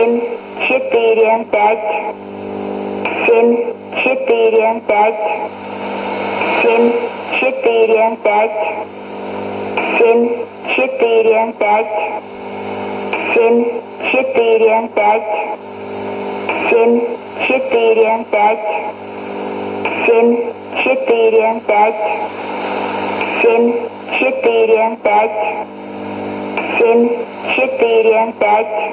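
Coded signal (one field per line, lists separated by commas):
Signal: numbers station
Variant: S06s Russian Lady, Russian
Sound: female voice reading short words one after another with brief pauses, over radio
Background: radio static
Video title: 07 12 2016 Numbers station S06s Russian Lady in Russian to Eu 0840 on 11830 unknown tx site in CUSB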